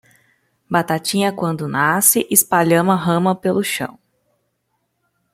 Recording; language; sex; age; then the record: short text; Brazilian Portuguese; female; 30 to 39 years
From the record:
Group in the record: control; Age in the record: 30 years